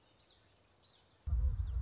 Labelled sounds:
Common Yellowthroat (Geothlypis trichas)
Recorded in Sonoma County, California

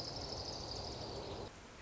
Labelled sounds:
Orange-crowned Warbler (Leiothlypis celata)
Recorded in Sonoma County, California

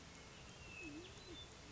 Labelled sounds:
Band-tailed Pigeon (Patagioenas fasciata)
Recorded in Sonoma County, California

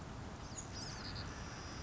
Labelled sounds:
Savannah Sparrow (Passerculus sandwichensis)
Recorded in Sonoma County, California

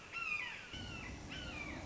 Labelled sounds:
Red-shouldered Hawk (Buteo lineatus)
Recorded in Sonoma County, California

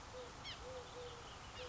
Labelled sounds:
Eurasian Collared Dove (Streptopelia decaocto)
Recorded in Sonoma County, California

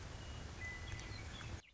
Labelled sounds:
Western Meadowlark (Sturnella neglecta)
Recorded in Sonoma County, California

